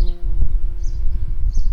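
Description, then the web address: Garden bumblebee buzz: a steady low droning hum with a clear tone throughout, fluctuating slightly in loudness. Worker bumblebees. "Hortorum workers"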